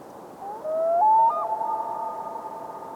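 Common loon giving a clear, mournful wail that steps upward, then settles into a long, steady tone.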